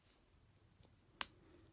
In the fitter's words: just kind of comes up and pops in here and